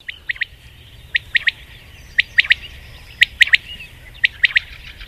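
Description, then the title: Common quail song, a sharp three-note phrase repeated about once a second, each note a brief clipped high whistle, over quiet low background hum. "Viiriäinen"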